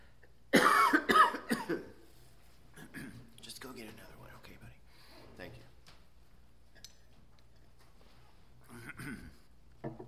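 A quick run of three loud, harsh coughs early on, followed by quieter throat noises and soft breathing in a small room. A junky, productive-sounding cough in an adult, present for weeks.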